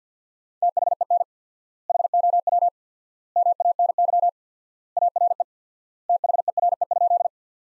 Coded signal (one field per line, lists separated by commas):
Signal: Morse code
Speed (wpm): 50 wpm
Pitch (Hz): 700 Hz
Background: none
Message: THEN HOW MANY ARE THERE?